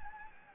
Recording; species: mosquito wingbeat signal from an infrared sensor; Anopheles gambiae